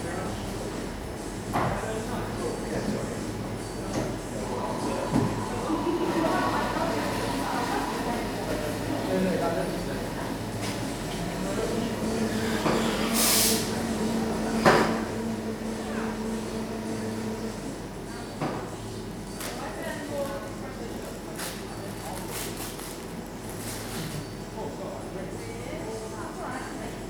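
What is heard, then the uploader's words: A coffee shop hums with steady, overlapping conversation and a low background rumble. Cups and dishes clink now and then, a sharp hiss bursts out around thirteen seconds, and a droning machine tone runs from about twelve to eighteen seconds. A coffee shop on a dark evening, rain is falling outside.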